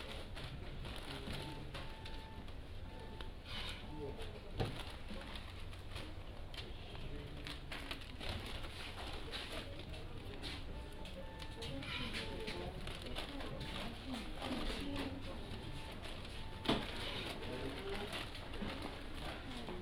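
Goods are being set out at a farm stand against a steady, dense din of low murmuring and rustling. Short, mid-pitched beeps recur in brief runs, possibly with soft cooing like pigeons, and sharp knocks land near five and seventeen seconds.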